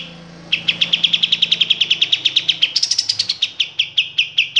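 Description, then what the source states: Kapas tembak song: quick repeated sharp chirps at a steady pace, turning higher midway, then slower spaced notes, over a low steady hum. Masteran (training) song of kapas tembak.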